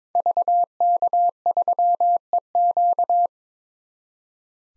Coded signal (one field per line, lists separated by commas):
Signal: Morse code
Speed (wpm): 22 wpm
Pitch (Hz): 700 Hz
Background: none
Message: VK3EQ